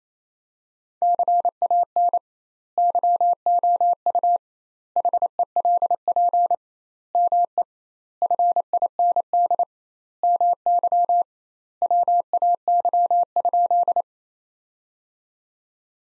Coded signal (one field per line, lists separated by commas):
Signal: Morse code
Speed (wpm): 28 wpm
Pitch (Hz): 700 Hz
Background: none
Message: CAN YOU HELP ME FIND MY WAY?